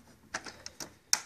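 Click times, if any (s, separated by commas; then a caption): 1.1 s. A refillable plastic ink cartridge is pushed into the print head cartridge holder of a Canon MG5550, MG6350 or MG-series inkjet printer. Several light plastic ticks and scrapes sound at about 0.4, 0.7 and 0.8 s. A sharp, loud click follows at 1.1 s as the cartridge clips into place and seats.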